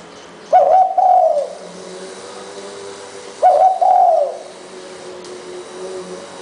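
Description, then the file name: Spotted dove coo, two low hoarse phrases about three seconds apart, each a brief note followed by a drawn-out, slightly falling coo. "นกเขาใหญ่"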